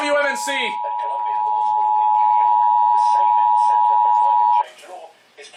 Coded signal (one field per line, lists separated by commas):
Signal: Emergency Alert System (SAME) tones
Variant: 853 and 960 Hz attention tone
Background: speech